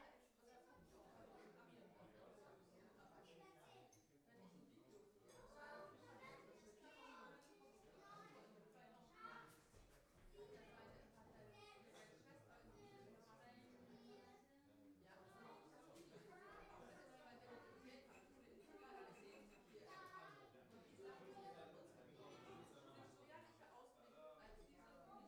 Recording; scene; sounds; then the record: everyday scene through a hearing-aid microphone; many people talking; many voices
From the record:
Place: parish hall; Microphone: behind the ear, right, front